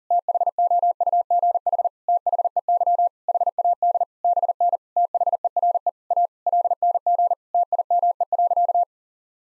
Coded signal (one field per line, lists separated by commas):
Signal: Morse code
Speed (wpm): 37 wpm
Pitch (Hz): 700 Hz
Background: none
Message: THOUGH THEY HAD BN THERE A LNG TIME.